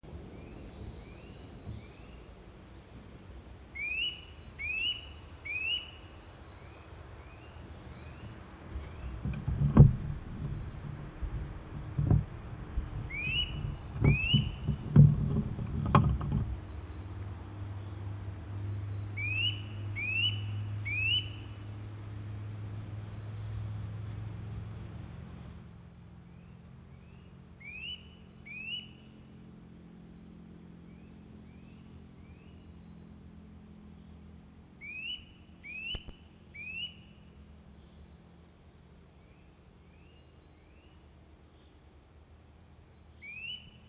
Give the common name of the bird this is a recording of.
Eurasian Nuthatch